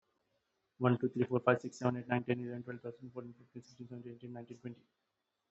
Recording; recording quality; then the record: counting at a fast pace; excellent, no background noise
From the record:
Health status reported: healthy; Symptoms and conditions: none ticked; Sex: male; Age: 43 years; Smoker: not ticked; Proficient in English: yes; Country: India